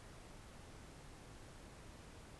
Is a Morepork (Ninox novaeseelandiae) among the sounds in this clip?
no